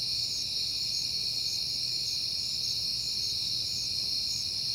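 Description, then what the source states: Crickets produce a high, unbroken trilling chorus with short pulsed bursts recurring at a steady pace and a soft low hum underneath. Crickets recorded at night in September, on a peaceful night.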